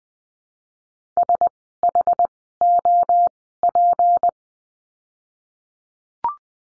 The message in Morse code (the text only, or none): SHOP